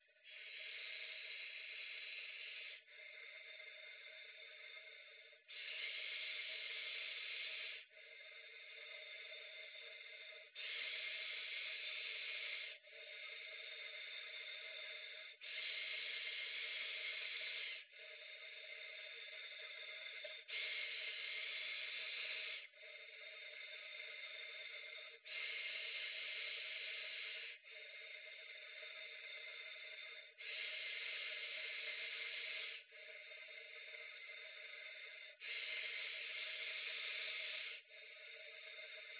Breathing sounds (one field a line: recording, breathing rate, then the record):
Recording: paced breathing near a phone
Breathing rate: 12 breaths a minute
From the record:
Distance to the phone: 20 cm